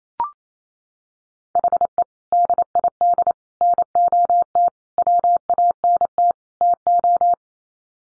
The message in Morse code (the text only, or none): HE DID NOT WANT TO